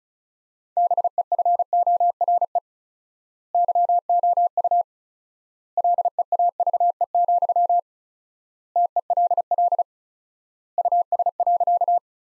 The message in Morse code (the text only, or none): BEFORE YOU LEAVE, TELL US.